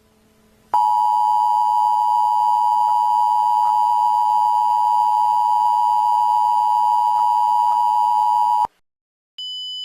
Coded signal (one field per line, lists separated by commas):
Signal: Emergency Alert System (SAME) tones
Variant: 853 and 960 Hz attention tone